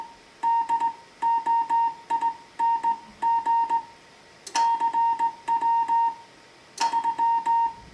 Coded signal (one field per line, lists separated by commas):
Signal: Morse code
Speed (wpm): 17 wpm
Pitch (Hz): 920 Hz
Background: music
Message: DOING CW 3